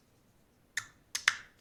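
An internal part of a Piscifun Alijoz 300 fishing reel is worked back into the reel housing during teardown and maintenance. Two lighter clicks come at about 0.8 s and 1.1 s, then a sharp, loud snap at 1.3 s as the part seats fully in place.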